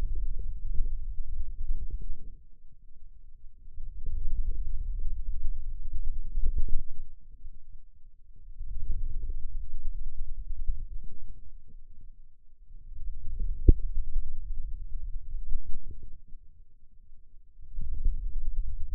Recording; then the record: forearm muscle sounds (acoustic myography)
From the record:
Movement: radial deviation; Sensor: system 2, bracelet of six BSWA MPA416 microphones around the upper forearm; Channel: 1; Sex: male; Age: 22 years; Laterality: right